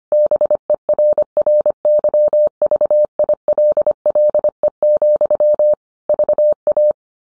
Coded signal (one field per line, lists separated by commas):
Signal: Morse code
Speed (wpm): 25 wpm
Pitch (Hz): 600 Hz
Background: none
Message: BERRYVILLE, VA